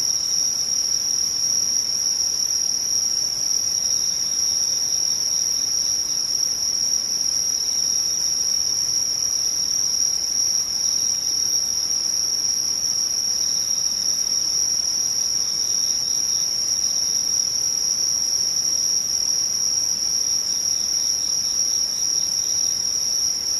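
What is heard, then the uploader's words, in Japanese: Insects chirr in a continuous, unbroken chorus, several high, thin tones layered together and holding steady throughout. The sound is dense and even, with faint soft hiss underneath and no separate events standing out. 無音→ムシ。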